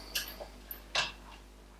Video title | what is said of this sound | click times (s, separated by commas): Shining Star Chassis v2.5f for Traxxas Slash 4x4 - Complete build | and it snaps right into it. | 0.7 s